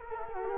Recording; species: mosquito wingbeat signal from an infrared sensor; Culex quinquefasciatus